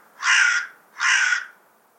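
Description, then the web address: Bird calling twice, each a coarse, raspy note about half a second long, spaced roughly three quarters of a second apart. "Bird Only"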